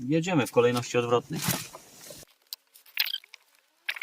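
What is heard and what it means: Someone talks while reassembling the ignition switch of a Citroen C3 in reverse order, then stops. Quiet handling sounds follow as the ignition switch part is pushed toward its housing in the steering column, with brief sharp noises at about 3.0 s and 3.9 s. Nothing has seated or clicked into place yet.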